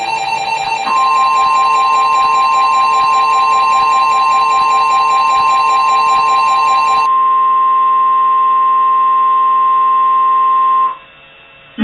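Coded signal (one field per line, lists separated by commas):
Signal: Emergency Alert System (SAME) tones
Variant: 1050 Hz attention tone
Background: music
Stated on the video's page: Fictional mini EAS scenario, reuploaded, not a real alert.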